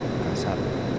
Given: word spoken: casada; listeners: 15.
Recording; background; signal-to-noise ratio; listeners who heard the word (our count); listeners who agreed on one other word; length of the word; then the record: one Spanish word in noise, from a listening test; speech-shaped noise; -6.7 dB; 2 of 15; 7 of 15; 0.59 s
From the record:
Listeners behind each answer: 7, 3, 2, 1, 1, 1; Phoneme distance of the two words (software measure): 10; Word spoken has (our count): 3 syllables, 6 phonemes, stress on syllable 2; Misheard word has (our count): 3 syllables, 6 phonemes, stress on syllable 2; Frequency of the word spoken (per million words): 10.99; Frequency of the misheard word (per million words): 21.95